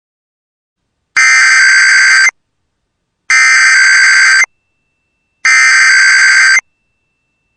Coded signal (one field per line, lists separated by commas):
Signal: Emergency Alert System (SAME) tones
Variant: header bursts